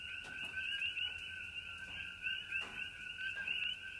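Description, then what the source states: Coqui frogs calling together in a continuous two-toned chorus of rapid chirping notes, occasional faint taps of light rain underneath. Several coqui frogs calling in Hawaii during light rain.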